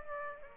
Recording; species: mosquito wingbeat signal from an infrared sensor; Aedes aegypti